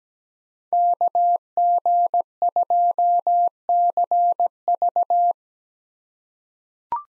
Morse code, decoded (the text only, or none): KG2CV